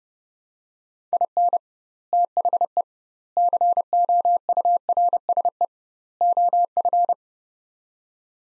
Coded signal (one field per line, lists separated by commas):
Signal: Morse code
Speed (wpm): 30 wpm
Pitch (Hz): 700 Hz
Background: none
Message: IN THE COURSE OF